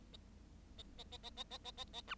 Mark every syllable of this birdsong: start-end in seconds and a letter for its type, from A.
0.78-0.82 A, 0.98-1.04 A, 1.11-1.17 A, 1.23-1.30 A, 1.36-1.44 A, 1.50-1.58 A, 1.64-1.71 A, 1.77-1.84 A, 1.93-2.01 A, 2.07-2.15 B